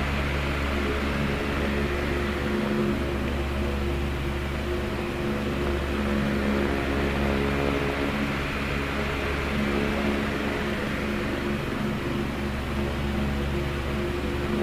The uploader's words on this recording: Relaxing Oscillating Fan White Noise for Sleeping.